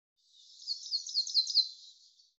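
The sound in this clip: Bird call: a high, rapid twittering run of short chirped notes that swells in loudness and then fades, with no other sounds.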